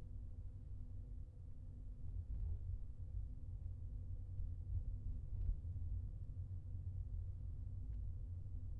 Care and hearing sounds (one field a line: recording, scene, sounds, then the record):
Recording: everyday scene through a hearing-aid microphone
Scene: in a vehicle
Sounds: engine, highway traffic jam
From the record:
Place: Skoda Fabia, gasoline engine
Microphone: in the ear canal, left